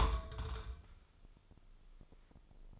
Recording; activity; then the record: daily activity, microphone in the room; place on stove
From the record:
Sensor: 5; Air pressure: 995.5 hPa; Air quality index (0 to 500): 99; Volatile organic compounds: 6 ppm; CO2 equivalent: 1891 ppm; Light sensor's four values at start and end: 27/67/26/26 and 28/69/27/27